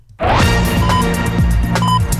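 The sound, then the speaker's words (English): Two short, high electronic beeps, the radio time signal pips marking 10 o'clock, about a second apart, cut through a busy stretch of music, each a brief steady tone riding over the full band. “Oh, hold on, I've got the 10 o'clock. Well, it's the 10:01, Pips.”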